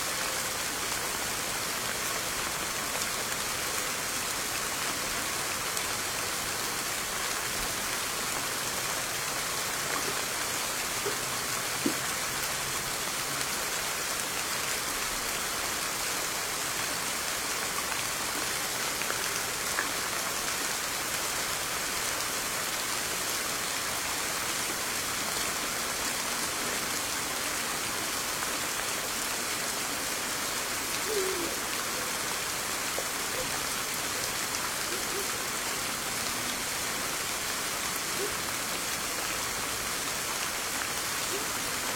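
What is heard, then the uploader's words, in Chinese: Rain and a flowing stream make a steady, dense hiss that stays even from start to finish. The sound sits mostly in the bright upper range, with a few brief faint ticks and drips scattered throughout, including one sharper tap around twelve seconds. 下雨溪流。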